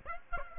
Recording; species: mosquito wingbeat signal from an infrared sensor; Aedes aegypti